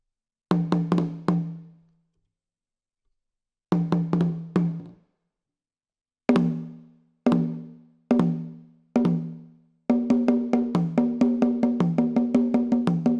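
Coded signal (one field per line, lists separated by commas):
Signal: talking drum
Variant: Akan atumpan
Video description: plays some solo Atumpani - the talking drums that were used to send patterns of drum language over long distances in pre-modern times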